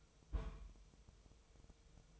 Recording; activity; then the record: daily activity, microphone in the room; place on stove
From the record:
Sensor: 1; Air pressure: 999.3 hPa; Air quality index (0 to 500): 202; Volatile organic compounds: 43 ppm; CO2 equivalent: 3196 ppm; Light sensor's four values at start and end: 9/22/8/9 and 9/22/8/9